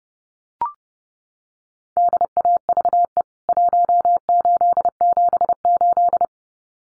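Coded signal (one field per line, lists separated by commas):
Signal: Morse code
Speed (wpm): 29 wpm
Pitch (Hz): 700 Hz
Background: none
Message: DAVE 1878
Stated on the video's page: Morse practice of CWT contest exchanges (name and membership number) at 30wpm for head-copy, each sent twice.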